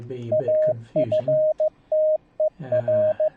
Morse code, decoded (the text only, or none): AFTER